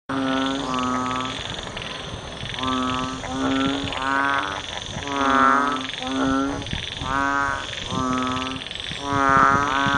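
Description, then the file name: Banded bullfrog: many low, moaning, harmonic croaks in a steady series, over a constant high hum. "เสียงอึ่งอ่างร้อง"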